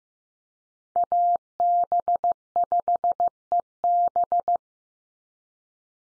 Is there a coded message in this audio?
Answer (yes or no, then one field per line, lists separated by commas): yes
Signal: Morse code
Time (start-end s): 1.0-4.6 s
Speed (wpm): 15 wpm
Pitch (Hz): 700 Hz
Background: none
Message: AB5EB